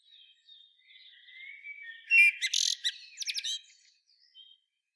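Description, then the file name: Common blackbird song: a quiet, low whistled warble builds into a brief loud burst of high, harsh twittering notes, then fades. "Turdus merula"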